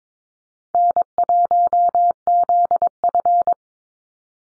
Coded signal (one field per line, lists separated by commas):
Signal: Morse code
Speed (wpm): 22 wpm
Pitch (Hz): 700 Hz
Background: none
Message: N1ZF